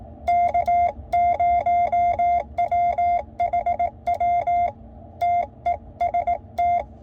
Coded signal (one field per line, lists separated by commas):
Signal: Morse code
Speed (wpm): 19 wpm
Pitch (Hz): 700 Hz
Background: none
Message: K0WHW TEST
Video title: QMX - Transmit Test - QRP Labs Transceiver Kit